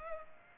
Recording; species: mosquito wingbeat signal from an infrared sensor; Culex pipiens